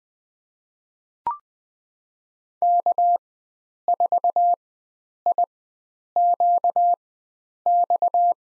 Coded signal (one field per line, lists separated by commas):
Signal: Morse code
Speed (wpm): 20 wpm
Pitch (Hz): 700 Hz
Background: none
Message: K4IQX